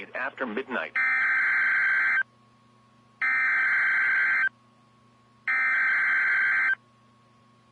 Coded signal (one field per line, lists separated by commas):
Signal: Emergency Alert System (SAME) tones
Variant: header bursts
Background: speech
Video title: (FIRST EAS CATCH OF 2022) EAS Tornado Watch #10 on NWR 01/02/22